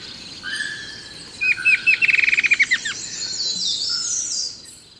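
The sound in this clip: Bird gives a short rattle of repeated notes that speeds up, the last notes dropping in pitch.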